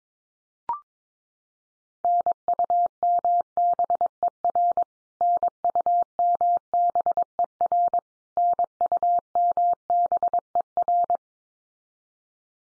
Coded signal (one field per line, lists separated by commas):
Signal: Morse code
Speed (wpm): 22 wpm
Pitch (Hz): 700 Hz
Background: none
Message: NUMBER NUMBER NUMBER